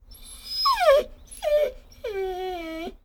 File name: dogo argentino whine whimper